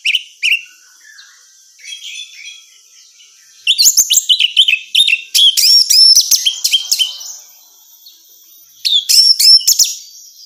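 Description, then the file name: Orange-headed thrush song: two brief chirps, then a dense burst of loud, varied high whistled notes and trills lasting several seconds, resuming near the end. Female. "suara burung anis merah betina"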